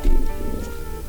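Stomach growling (borborygmi) from an adult's abdomen, a low rumbling heard on air.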